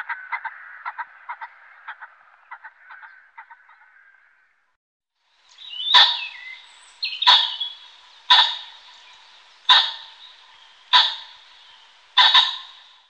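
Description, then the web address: Common pheasant calls: a soft, rapid clucking series first, then after a pause six loud sharp barking notes repeated at intervals of just over a second. "Faglar Sound Fasan"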